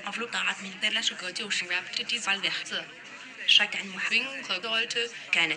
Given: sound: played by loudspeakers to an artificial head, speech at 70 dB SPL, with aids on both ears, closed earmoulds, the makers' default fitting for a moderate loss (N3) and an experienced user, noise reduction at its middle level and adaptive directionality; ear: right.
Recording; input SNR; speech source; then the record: speech test signal (ISTS) in cocktail-party noise; +9 dB; in front (0 degrees)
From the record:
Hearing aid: class 2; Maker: G